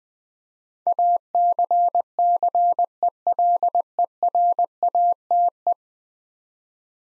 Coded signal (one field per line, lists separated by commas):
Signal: Morse code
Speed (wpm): 20 wpm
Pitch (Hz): 700 Hz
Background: none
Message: ACCELERATE